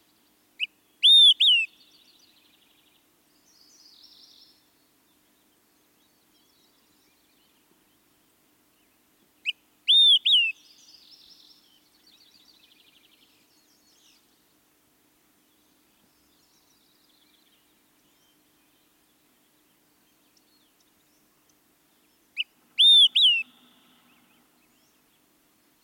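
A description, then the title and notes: An Olive-sided Flycatcher repeats a bright, clear whistled phrase three times, near 1, 10 and 23 seconds, over near silence with softer twitters. Olive-sided Flycatcher.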